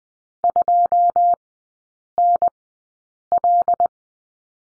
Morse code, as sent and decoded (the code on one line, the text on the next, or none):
..--- -. .-..
2NL